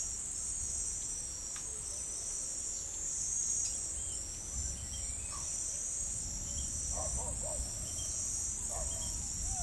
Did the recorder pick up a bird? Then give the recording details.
no. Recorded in forest near Pivijay, Magdalena, Colombia, on 6 June 2023 at 18:00. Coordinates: 10.467, -74.380. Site Z5-G034